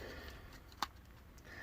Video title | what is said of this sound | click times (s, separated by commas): Transformers Studio series 86 Leader Class Grimlock with wheelie review | it'll hold the tail into place and it'll clip into place | 0.8 s